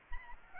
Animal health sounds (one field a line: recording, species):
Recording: mosquito wingbeat signal from an infrared sensor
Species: Aedes aegypti